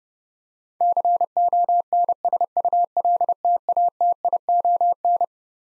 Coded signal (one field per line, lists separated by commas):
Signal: Morse code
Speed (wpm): 30 wpm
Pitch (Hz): 700 Hz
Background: none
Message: CONSULTATION